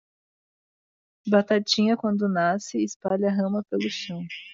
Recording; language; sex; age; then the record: short text; Brazilian Portuguese; female; 20 to 29 years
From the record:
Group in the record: control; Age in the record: 28 years